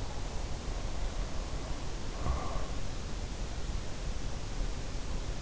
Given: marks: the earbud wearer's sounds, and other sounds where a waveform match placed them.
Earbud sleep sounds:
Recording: sounds in sleep by an in-ear microphone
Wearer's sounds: breath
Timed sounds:
0.89-3.28 s: breath

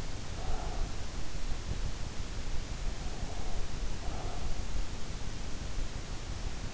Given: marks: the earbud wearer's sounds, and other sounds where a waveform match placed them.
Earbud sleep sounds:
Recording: sounds in sleep by an in-ear microphone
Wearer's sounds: breath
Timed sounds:
0.25-1.07 s: breath
2.95-4.58 s: breath

